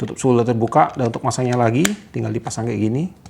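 Someone talks while the spool side cover of a baitcasting fishing reel is handled and fitted back toward the reel frame, with light handling noise under the voice. The clip ends before the cover locks into place, so nothing has seated or clicked yet.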